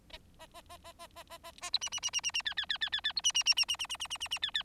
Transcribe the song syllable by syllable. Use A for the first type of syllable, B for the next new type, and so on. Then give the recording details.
A A A A A A A A A B C C C C C C D D D D D D B C C C C C C C C C C C D D. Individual Bird4